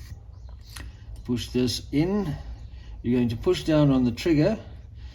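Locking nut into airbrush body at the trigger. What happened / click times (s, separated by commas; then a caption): Small parts are handled, but nothing has clearly seated yet / none. During reassembly of a Harder & Steenbeck airbrush, the parts are held in position while the locking nut is pushed into the airbrush body at the trigger and the trigger is pressed down. Someone talks over faint handling noises. Nothing has seated or clicked yet; the clip ends just before the locking nut locks into place.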